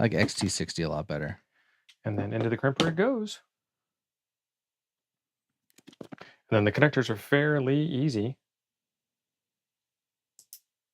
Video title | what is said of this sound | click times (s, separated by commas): 🔴 3-23-24 Fusion, DMR, DStar HF and FT8 Icom IC-9700 AND IC-7610 | you can hear it snap when it snaps into place it's good and if not you can always use a little screwdriver to sh it all the way in | 10.4 s, 10.5 s